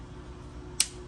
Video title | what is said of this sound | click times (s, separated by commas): Spectra 5 Puppies First Vaccines | you hear that snap that's because that dot was a security seal it should then pop down | 0.8 s